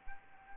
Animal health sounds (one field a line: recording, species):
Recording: mosquito wingbeat signal from an infrared sensor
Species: Anopheles arabiensis